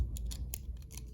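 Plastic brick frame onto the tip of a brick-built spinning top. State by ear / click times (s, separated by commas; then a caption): not seated / none. A plastic brick frame is pressed onto the tip of a brick-built spinning top, giving a few short, light plastic taps and scrapes with the strongest near 0.5 s. Nothing has clicked into place yet; the frame turns out to have been upside down.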